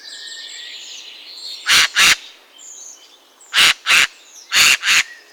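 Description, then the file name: Eurasian jay calling in harsh, hoarse screeches delivered in three paired bursts, with thin chirps and whistles of other small birds in the background. "geai Des Chenes"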